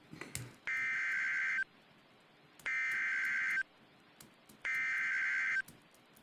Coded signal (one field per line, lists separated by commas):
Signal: Emergency Alert System (SAME) tones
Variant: header bursts